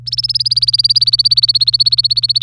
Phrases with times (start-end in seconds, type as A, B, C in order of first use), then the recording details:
0.06-2.42 A. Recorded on 24 April 2018 at 12:13. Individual llb3